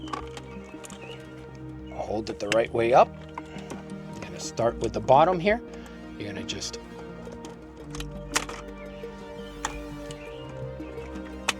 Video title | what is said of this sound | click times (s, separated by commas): Workshop 12 -- 2017-2018 Toyota Corolla 10" Screen Installation -- Wireless CarPlay / Android Auto | bang bang satisfying click done this isn't going anywhere now | 9.6 s, 11.5 s